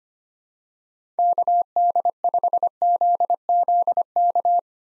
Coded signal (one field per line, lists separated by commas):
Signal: Morse code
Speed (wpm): 25 wpm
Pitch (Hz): 700 Hz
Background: none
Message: KD5ZZK